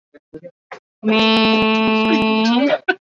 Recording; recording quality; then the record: sustained vowel as in made; excellent, no background noise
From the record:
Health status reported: healthy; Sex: female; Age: 31 years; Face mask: worn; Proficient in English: yes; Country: India